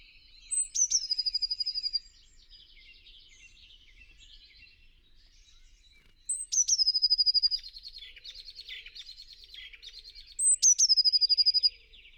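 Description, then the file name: Eurasian blue tit singing three high phrases, each a sharp thin opening note followed by a rapid ringing trill, spaced several seconds apart over soft chirping. "Cyanistes caeruleus"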